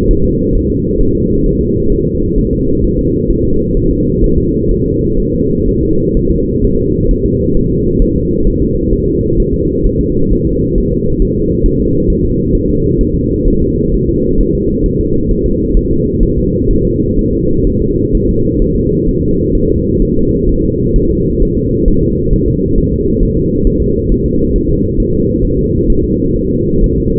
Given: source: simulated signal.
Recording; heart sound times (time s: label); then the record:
fetal heart sounds
0.11 s: S1
0.25 s: S2
0.55 s: S1
0.70 s: S2
1.01 s: S1
1.15 s: S2
1.46 s: S1
1.61 s: S2
1.92 s: S1
2.07 s: S2
2.38 s: S1
2.53 s: S2
2.84 s: S1
2.99 s: S2
3.30 s: S1
3.45 s: S2
3.77 s: S1
3.91 s: S2
4.24 s: S1
4.38 s: S2
4.71 s: S1
4.86 s: S2
5.20 s: S1
5.34 s: S2
5.68 s: S1
5.83 s: S2
6.17 s: S1
6.31 s: S2
6.64 s: S1
6.79 s: S2
7.11 s: S1
7.25 s: S2
7.57 s: S1
7.71 s: S2
8.02 s: S1
8.16 s: S2
8.47 s: S1
8.62 s: S2
8.93 s: S1
9.08 s: S2
9.40 s: S1
9.54 s: S2
9.86 s: S1
10.01 s: S2
10.33 s: S1
10.47 s: S2
10.78 s: S1
10.92 s: S2
11.22 s: S1
11.37 s: S2
11.66 s: S1
11.80 s: S2
12.10 s: S1
12.24 s: S2
12.55 s: S1
12.69 s: S2
13.01 s: S1
13.15 s: S2
13.48 s: S1
13.62 s: S2
13.94 s: S1
14.09 s: S2
14.41 s: S1
14.55 s: S2
14.86 s: S1
15.01 s: S2
15.31 s: S1
15.46 s: S2
15.77 s: S1
15.91 s: S2
16.23 s: S1
16.38 s: S2
16.71 s: S1
16.85 s: S2
17.19 s: S1
17.33 s: S2
17.67 s: S1
17.81 s: S2
18.15 s: S1
18.29 s: S2
18.62 s: S1
18.76 s: S2
19.09 s: S1
19.23 s: S2
19.55 s: S1
19.70 s: S2
20.02 s: S1
20.17 s: S2
20.49 s: S1
20.64 s: S2
20.96 s: S1
21.10 s: S2
21.42 s: S1
21.57 s: S2
21.88 s: S1
22.03 s: S2
22.33 s: S1
22.48 s: S2
22.78 s: S1
22.93 s: S2
23.23 s: S1
23.37 s: S2
23.67 s: S1
23.82 s: S2
24.11 s: S1
24.26 s: S2
24.56 s: S1
24.70 s: S2
25.00 s: S1
25.14 s: S2
25.44 s: S1
25.59 s: S2
25.90 s: S1
26.04 s: S2
26.36 s: S1
26.51 s: S2
26.84 s: S1
26.98 s: S2
From the record:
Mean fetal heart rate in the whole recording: 130 bpm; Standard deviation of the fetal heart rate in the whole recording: 4 bpm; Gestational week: 38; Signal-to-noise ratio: -15.3 dB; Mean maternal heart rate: 72 bpm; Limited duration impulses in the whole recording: present